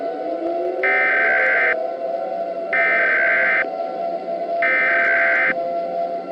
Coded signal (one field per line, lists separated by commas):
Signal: Emergency Alert System (SAME) tones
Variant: header bursts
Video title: *VALID TONES* Cracking Earth (EAS Scenario)